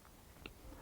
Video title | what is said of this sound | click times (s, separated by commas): CZ 457 Synthetic 22 LR Review by Chris Parkin | mag slot firmly in position and it's easy to hear the latch click in place | 0.5 s